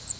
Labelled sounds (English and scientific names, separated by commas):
Cape May Warbler (Setophaga tigrina) flight call